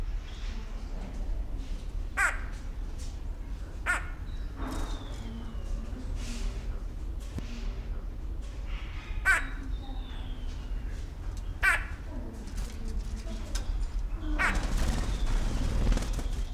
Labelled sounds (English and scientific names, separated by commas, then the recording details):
Brown-breasted Barbet (Lybius melanopterus)
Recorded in captivity
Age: adult
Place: Zoo Berlin, Berlin, DE
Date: 1994-07-02 11:04
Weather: sonnig, 18-24°C
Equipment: Marantz CP 430, Sennheiser ME 80, Kopie Uher Variocord 263
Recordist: Tembrock, Günter